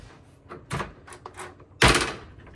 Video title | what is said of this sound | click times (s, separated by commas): Rough Country Hard Tri-Fold Tonneau - Product Overview & Install Tips (4th Gen Tacoma) 2024+ | If you heard that click, that was it clicking into place. | 1.8 s